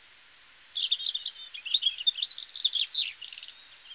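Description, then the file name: European robin sings a high twittering warble of rapid, jumbled notes for about three seconds. "Erithacus rubecula"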